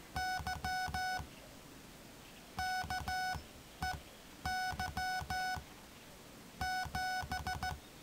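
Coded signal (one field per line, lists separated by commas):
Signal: Morse code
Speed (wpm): 14 wpm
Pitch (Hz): 740 Hz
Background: music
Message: Y KEY 7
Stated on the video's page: Morse sent on a 1960s Czech military RM-31 straight key, used with military radios.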